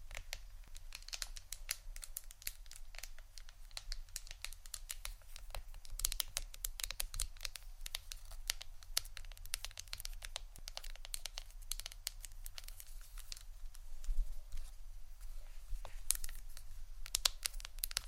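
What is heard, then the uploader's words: Hair brush and comb sounds: dense, crackly scratching made of many quick, sharp strokes that run continuously through the whole clip. The strokes are bright and crisp, with a faint low rumble underneath, and grow slightly louder and busier around fourteen seconds. ASMR Hair Brush & Comb Sounds （No Talking）.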